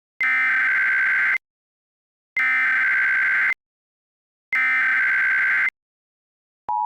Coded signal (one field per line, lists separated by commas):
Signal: Emergency Alert System (SAME) tones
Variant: header bursts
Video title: EAS Mock: Alison TTS Test